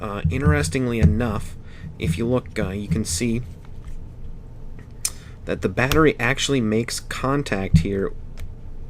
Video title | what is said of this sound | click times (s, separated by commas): The Feeder GRIP from SweetVapes! | and you can hear it click in | 8.4 s